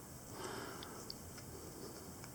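A plastic piece is being refitted onto a Bosch wiper blade during a rubber refill and moved around so that it will click into place. Only a low background hiss is heard with a few faint, short ticks near 0.8, 1.1 and 2.4 seconds. Nothing has seated or clicked into place yet.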